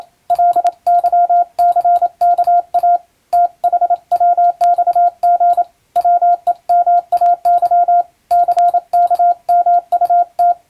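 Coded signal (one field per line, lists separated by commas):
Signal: Morse code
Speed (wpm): 27 wpm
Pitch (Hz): 700 Hz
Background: none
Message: LYCKA THWXG WEMAY CKMUT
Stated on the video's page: Morse reception practice from a European-language telegram practice book, for radiotelegraph operator and amateur radio training.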